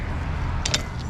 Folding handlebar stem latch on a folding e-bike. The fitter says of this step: But it's got a fail-safe safety switch there, so that once it locks in place,